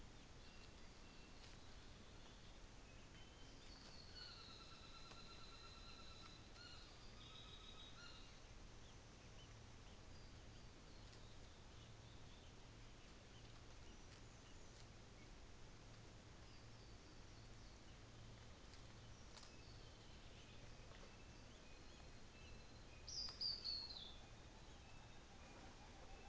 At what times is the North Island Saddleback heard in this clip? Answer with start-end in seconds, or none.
4.01-8.41